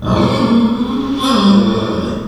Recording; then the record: squeal of a Yucatan mini pig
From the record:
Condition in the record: after surgery on the right vocal fold (resection and tissue-engineered implant); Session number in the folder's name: 17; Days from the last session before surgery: 195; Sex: female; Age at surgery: 19 weeks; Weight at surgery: 25 kg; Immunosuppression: prednisolone